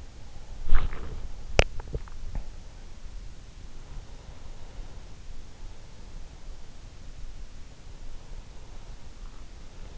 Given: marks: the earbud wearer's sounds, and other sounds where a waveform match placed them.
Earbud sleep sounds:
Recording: sounds in sleep by an in-ear microphone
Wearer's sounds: body movement, swallowing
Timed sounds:
0.00-3.19 s: body movement
1.25-2.34 s: swallowing

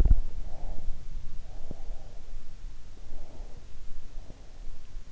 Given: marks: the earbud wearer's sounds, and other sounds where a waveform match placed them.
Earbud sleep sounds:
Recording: sounds in sleep by an in-ear microphone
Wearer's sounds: breath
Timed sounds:
0.39-2.36 s: breath
2.76-4.95 s: breath

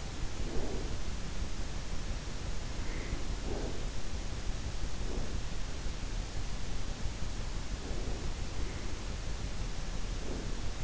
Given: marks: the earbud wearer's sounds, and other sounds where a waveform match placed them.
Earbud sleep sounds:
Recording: sounds in sleep by an in-ear microphone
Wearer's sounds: breath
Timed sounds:
0.00-1.70 s: breath
2.30-4.03 s: breath
4.87-5.85 s: breath
7.50-9.28 s: breath
10.00-10.84 s: breath

